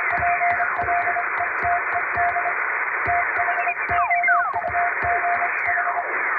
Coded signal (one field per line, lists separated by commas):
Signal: Morse code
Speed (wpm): 26 wpm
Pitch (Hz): 700 Hz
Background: music, radio noise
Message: PLETED THOUGH